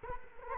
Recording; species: mosquito wingbeat signal from an infrared sensor; Culex quinquefasciatus